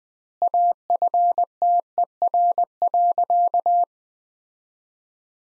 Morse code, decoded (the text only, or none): AFTER.